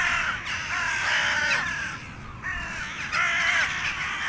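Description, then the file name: Carrion crow uttering harsh, grating caws in two clusters, each a few rough notes that dip in pitch. "Corvus corone"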